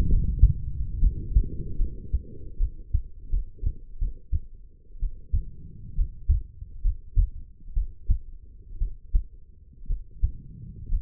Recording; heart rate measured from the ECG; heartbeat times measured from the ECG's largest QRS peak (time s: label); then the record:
heart sounds by stethoscope; 67 bpm
0.08 s: heartbeat
0.99 s: heartbeat
1.76 s: heartbeat
2.57 s: heartbeat
3.30 s: heartbeat
3.99 s: heartbeat
5.00 s: heartbeat
5.95 s: heartbeat
6.82 s: heartbeat
7.74 s: heartbeat
8.78 s: heartbeat
9.87 s: heartbeat
10.89 s: heartbeat
From the record:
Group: healthy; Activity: rest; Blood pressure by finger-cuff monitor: 110/78 mmHg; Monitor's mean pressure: 90 mmHg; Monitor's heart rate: 69 bpm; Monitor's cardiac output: 5 L/min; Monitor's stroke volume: 73 mL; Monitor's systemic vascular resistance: 1220 dyn s/cm5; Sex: female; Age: 23 years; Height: 160 cm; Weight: 50.4 kg